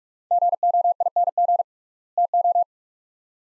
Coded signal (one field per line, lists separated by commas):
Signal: Morse code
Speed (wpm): 45 wpm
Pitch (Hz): 700 Hz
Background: none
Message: GOING TO